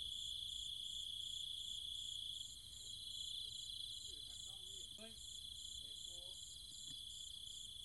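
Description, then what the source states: Steady shrill cicada drone with pulsing high trill; several short, faint harmonic chirps break in between four and seven seconds. Cicadas with other insects, calling at night in trees and fields in countryside around Chiang Mai, Thailand.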